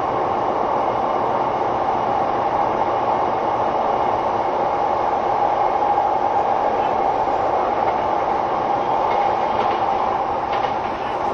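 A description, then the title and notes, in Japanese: A train runs steadily along the track, heard from inside with a constant rushing roar centered in the middle range and little change in loudness throughout. Faint rattles and brief higher clicks surface near the end, around nine to eleven seconds. 相鉄12000系 相鉄・埼京線特急・普通 01/01:海老名～新宿。相鉄・埼京線直通＂特急・普通＂の列車走行音。収録年月:2019,12。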